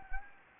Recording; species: mosquito wingbeat signal from an infrared sensor; Anopheles gambiae